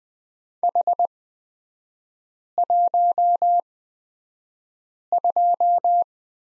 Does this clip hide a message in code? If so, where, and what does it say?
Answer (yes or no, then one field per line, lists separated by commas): yes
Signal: Morse code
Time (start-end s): 0.6-6.0 s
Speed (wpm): 20 wpm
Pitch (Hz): 700 Hz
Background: none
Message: H12